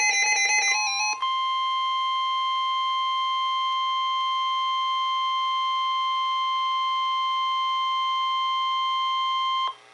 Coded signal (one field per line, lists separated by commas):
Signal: Emergency Alert System (SAME) tones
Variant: 1050 Hz attention tone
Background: music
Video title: (EAS #885) Mississippi Statewide Tornado Drill On KIH38 2/14/2024